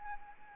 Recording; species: mosquito wingbeat signal from an infrared sensor; Anopheles arabiensis